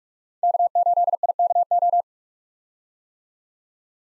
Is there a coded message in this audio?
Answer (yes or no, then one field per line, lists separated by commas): yes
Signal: Morse code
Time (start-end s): 0.4-2.0 s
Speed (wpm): 46 wpm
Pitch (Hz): 700 Hz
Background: none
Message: K8IKO